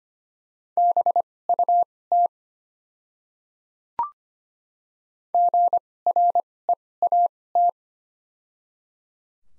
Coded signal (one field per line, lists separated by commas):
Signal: Morse code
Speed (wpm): 25 wpm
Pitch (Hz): 700 Hz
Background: none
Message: BUT GREAT